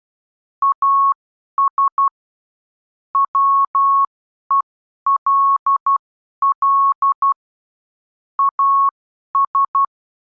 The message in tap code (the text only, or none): none